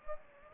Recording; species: mosquito wingbeat signal from an infrared sensor; Anopheles gambiae